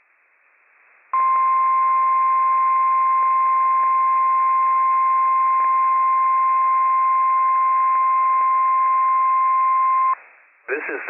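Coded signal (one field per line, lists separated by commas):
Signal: Emergency Alert System (SAME) tones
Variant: 1050 Hz attention tone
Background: speech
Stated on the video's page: Required Weekly Test from NWS Pendleton on weather radio station WWF56, with operational EAS tones.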